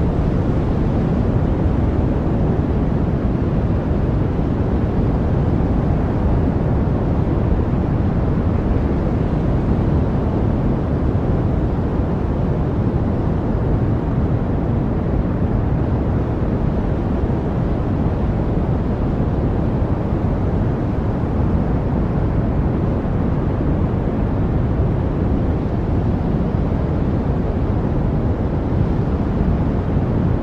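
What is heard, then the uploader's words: A steady, dense wash of noise, heavy in the lows and dull at the top, holding an even level for the whole stretch without any breaks. White Noise Sleep Sounds.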